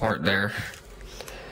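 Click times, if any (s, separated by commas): none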